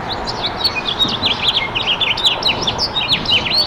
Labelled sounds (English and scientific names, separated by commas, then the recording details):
House Finch (Haemorhous mexicanus) song
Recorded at Freeport on Long Island, New York, on 28 May 2013
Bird C